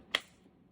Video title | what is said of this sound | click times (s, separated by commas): Ascender Unloader Knee Brace – Patient Fitting Guide | Press down, clip, | 0.2 s